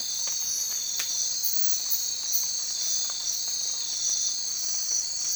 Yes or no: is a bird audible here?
no